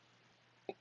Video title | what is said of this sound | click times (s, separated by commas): Mercedes Benz Coolant Expansion Tank Replacement - M112 W203 | Once positioned, I pressed the tank down with a little bit of force and heard an audible click. | 0.7 s